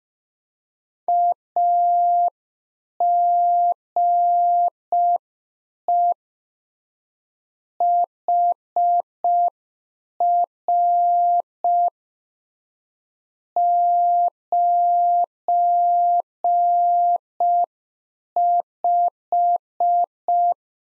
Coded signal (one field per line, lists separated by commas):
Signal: Morse code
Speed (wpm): 5 wpm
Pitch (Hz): 700 Hz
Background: none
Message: AGE HR 95